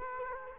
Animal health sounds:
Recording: mosquito wingbeat signal from an infrared sensor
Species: Culex quinquefasciatus

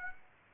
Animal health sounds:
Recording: mosquito wingbeat signal from an infrared sensor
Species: Aedes aegypti

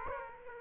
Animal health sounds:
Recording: mosquito wingbeat signal from an infrared sensor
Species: Aedes aegypti

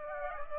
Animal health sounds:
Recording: mosquito wingbeat signal from an infrared sensor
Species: Aedes aegypti

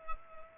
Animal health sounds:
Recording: mosquito wingbeat signal from an infrared sensor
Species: Culex pipiens

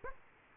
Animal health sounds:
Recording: mosquito wingbeat signal from an infrared sensor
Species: Aedes aegypti

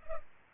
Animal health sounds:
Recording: mosquito wingbeat signal from an infrared sensor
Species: Culex pipiens

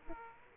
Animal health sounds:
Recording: mosquito wingbeat signal from an infrared sensor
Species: Aedes aegypti

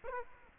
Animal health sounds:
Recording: mosquito wingbeat signal from an infrared sensor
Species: Aedes aegypti

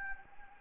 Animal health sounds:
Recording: mosquito wingbeat signal from an infrared sensor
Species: Anopheles gambiae

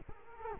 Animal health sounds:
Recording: mosquito wingbeat signal from an infrared sensor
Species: Culex quinquefasciatus

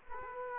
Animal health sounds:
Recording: mosquito wingbeat signal from an infrared sensor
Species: Culex quinquefasciatus

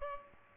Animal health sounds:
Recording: mosquito wingbeat signal from an infrared sensor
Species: Aedes albopictus

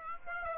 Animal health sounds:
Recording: mosquito wingbeat signal from an infrared sensor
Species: Aedes aegypti

